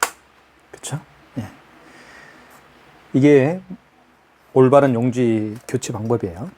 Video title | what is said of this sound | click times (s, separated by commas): 설치문의 1522-7221 블루투스 카드단말기 KRE-C101 사용가이드 | 여기를 가운데를 눌러주시면 됩니다. 이렇게 딱 소리가 나요. 그쵸? | 0.0 s